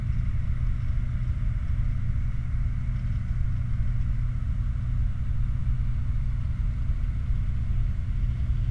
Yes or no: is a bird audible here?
no